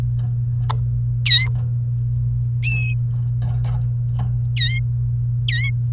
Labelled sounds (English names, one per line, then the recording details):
Domestic Canary song
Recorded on 29 April 2018 at 14:38
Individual llb3